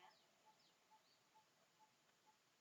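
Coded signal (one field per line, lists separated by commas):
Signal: none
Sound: software notification beeps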